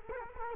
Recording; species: mosquito wingbeat signal from an infrared sensor; Culex quinquefasciatus